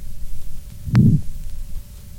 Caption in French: Les souffles d'éjection se renforcent beaucoup après les diastoles longues. Enregistré au deuxième espace droit. Le malade a un rétrécissement aortique, il est en arythmie complète.